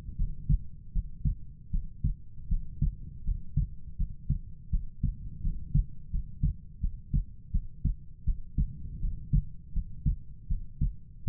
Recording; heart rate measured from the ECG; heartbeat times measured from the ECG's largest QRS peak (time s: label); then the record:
heart sounds by stethoscope; 81 bpm
0.16 s: heartbeat
0.92 s: heartbeat
1.70 s: heartbeat
2.48 s: heartbeat
3.24 s: heartbeat
3.96 s: heartbeat
4.70 s: heartbeat
5.41 s: heartbeat
6.10 s: heartbeat
6.80 s: heartbeat
7.51 s: heartbeat
8.24 s: heartbeat
8.99 s: heartbeat
9.72 s: heartbeat
10.47 s: heartbeat
11.24 s: heartbeat
From the record:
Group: healthy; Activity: cold pressor test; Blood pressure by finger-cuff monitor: 69/50 mmHg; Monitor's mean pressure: 57 mmHg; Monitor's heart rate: 79 bpm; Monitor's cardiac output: 6.3 L/min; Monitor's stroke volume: 78 mL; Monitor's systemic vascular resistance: 660 dyn s/cm5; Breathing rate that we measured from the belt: 21 breaths a minute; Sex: female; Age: 19 years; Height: 163 cm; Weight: 48.9 kg